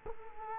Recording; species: mosquito wingbeat signal from an infrared sensor; Culex quinquefasciatus